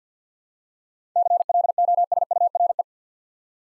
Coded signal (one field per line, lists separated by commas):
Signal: Morse code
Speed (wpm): 53 wpm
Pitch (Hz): 700 Hz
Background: none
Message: CLOSURE